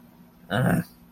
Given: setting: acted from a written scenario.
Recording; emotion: vocal sound without words; contempt